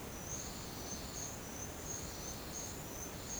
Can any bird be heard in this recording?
no